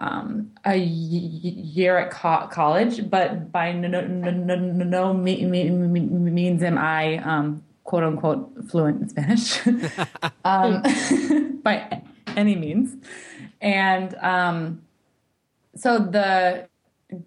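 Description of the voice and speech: An adult woman who stutters speaks conversationally. Her speech is broken by repeated sound and syllable starts like "no-no-no" and "mi-mi-means", and by stretched sounds and drawn-out "um" fillers with pauses. These are the repetitions and prolongations of stuttering.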